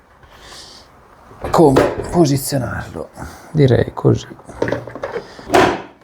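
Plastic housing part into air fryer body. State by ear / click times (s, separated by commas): seated / 5.5 s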